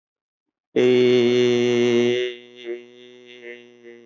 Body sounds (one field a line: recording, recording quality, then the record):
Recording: sustained vowel as in made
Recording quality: excellent, no background noise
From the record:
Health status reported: healthy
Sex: male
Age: 34 years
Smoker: yes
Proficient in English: yes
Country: India